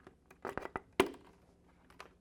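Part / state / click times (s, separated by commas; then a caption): visor into helmet side slots / seated / 1.0 s. A helmet visor's end is pressed into the slots on the helmet shell: a few light handling taps and rattles come around 0.5 to 0.8 s, then a sharp, loud pop at 1.0 s as the visor seats in the slots. A faint tap follows at 2.0 s, and the visor is fitted.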